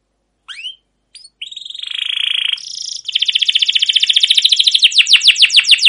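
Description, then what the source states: Canary opening with a few upswept chirps, then long buzzy rolled trills that change into a fast pulsing trill and falling notes. Canary singing long chirping rolled trills ('cuit cuit', 'ngerol', 'gacor panjang') as a tutor recording (masteran) used to prompt other canaries to sing.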